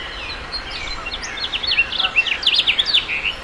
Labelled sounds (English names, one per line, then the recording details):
House Finch song
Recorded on Long Island, New York, on 29 May 2011
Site HU
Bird A